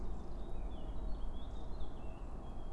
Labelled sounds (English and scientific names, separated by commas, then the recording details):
Eurasian Blackcap (Sylvia atricapilla)
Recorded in Germany
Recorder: ecoPi